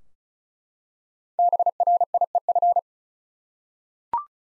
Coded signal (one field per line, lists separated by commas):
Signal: Morse code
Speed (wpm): 36 wpm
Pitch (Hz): 700 Hz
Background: none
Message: BRIEF